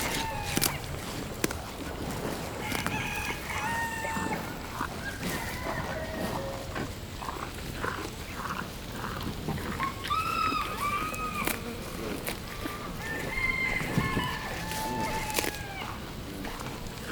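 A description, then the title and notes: Clucks and crowing calls rise over a dense, steady bed of rustling and chatter, with sharp clicks and knocks scattered throughout. Aural encounters in the floodplains by pablo sanz, 2023. Sound piece composed with recordings made during SONIC FUTURE RESIDENCIES organized by Asociația Jumătatea plină and SEMI SILENT at Port Cetate, Dolj county, Romania, in September 2022. An imaginary day, from dawn to sunset. It meanders through aural spaces based on encounters with human and other-than-human lifeforms and their movements, shaped by the presence of the river.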